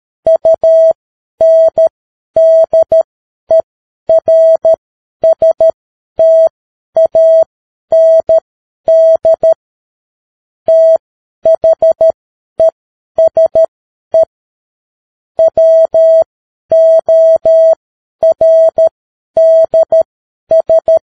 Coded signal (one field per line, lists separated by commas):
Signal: Morse code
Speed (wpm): 13 wpm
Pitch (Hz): 650 Hz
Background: none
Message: UNDERSTAND THESE WORDS